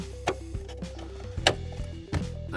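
A brake light bulb socket is twisted back into the tail light housing over steady background music, with softer clicks near 0.3 s and 2.1 s. It locks with a sharp, loud click at 1.5 s, and the socket is seated.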